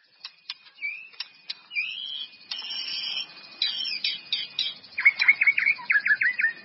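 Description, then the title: White-rumped Shama song: scattered clicks and short whistles building into a buzzy passage, ending with a rapid series of repeated downslurred notes. "murai batu"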